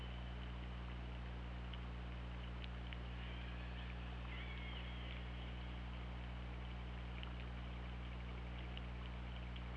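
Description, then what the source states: Killer whale call: a wavering, looping tonal squeal in the middle, with sparse clicks and steady low hum behind it. Recorded on the OrcaLab hydrophone, 24 August 2017, at 20:58.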